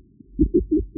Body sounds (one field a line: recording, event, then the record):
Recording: neck accelerometer signal played as sound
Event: no cough (speech, laughter, throat clearing or background)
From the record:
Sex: male